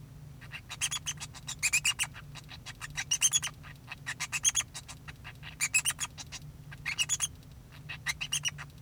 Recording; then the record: song of a male Bengalese finch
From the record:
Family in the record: son of father 2